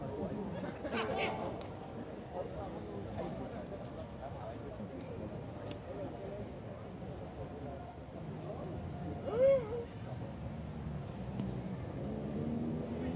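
People pass by in Munich's Englischer Garten, with overlapping fragments of conversation forming a steady, dense murmur throughout. A short, bright rising-and-falling tone, like a shout or whistle, stands out just after nine seconds, and a low rumble stays underneath the whole time.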